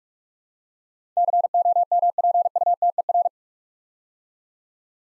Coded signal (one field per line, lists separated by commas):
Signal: Morse code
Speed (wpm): 44 wpm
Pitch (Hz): 700 Hz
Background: none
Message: COMPUTER